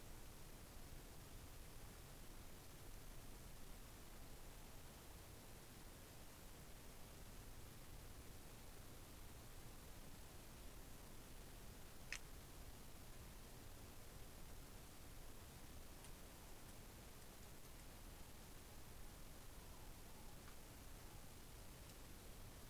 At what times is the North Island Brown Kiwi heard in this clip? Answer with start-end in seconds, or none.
none